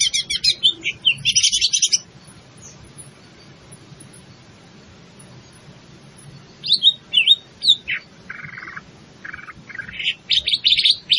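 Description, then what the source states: Greater green leafbird song, an opening burst of thick buzzy chatter, a quiet gap, then varied whistled and buzzy notes returning strongly. In full song, described by the Indonesian term gacor.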